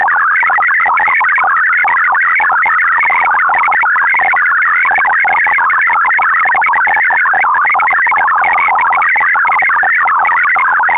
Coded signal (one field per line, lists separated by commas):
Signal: multi-tone FSK (Olivia or MFSK type)